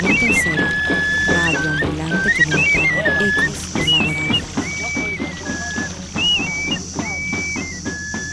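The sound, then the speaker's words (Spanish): Small birds sing in short, high whistled phrases that repeat and sweep up and down, steady throughout, over a constant hiss and a busy low rumbling background. “estoy escuchando pajaritos.”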